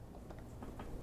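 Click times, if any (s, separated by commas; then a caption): none. A cleaning roller cartridge is being handled and slid down two guides into a FARGO HDP6600 card printer, where it must be pushed until it snaps in. Over a steady low background hum, a few soft ticks and light knocks sound at about 0.3, 0.4, 0.6 and 0.8 seconds. The clip ends before the part goes home, so nothing has seated or snapped in yet.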